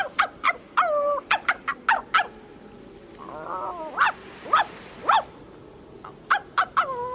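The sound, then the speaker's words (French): A dog named Top gives a series of short, sharp yelps and whimpering whines in irregular bursts, with a brief wavering, higher whine in the middle, over a low steady rumble and no talking. “Et même le chien Top n'emmenait pas large.”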